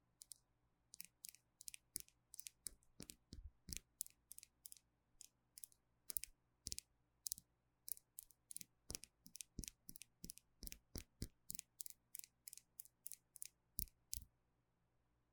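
Gel nail supplies are tapped and scratched in quick, crisp bursts, short bright clicks repeating about twice a second throughout, some carrying faint low thumps.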